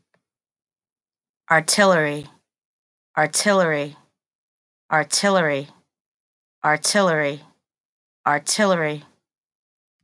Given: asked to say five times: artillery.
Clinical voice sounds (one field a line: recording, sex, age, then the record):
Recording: repeated word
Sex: female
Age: 30 to 39 years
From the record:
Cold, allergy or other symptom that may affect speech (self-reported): no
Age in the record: 38 years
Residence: United States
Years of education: 12